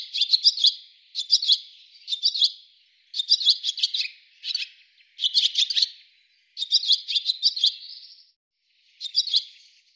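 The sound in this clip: Bird gives repeated bursts of sharp high chirps, roughly one cluster every second, with a short silence near the end before a last burst.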